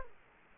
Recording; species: mosquito wingbeat signal from an infrared sensor; Culex quinquefasciatus